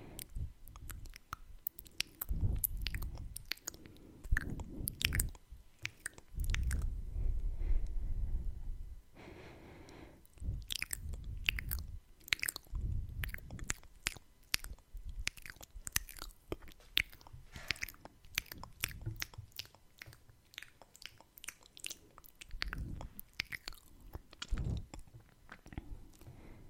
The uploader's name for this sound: ASMR Mouth Sounds (Tongue clicking, Kissing sounds, Breathing, Face Touching)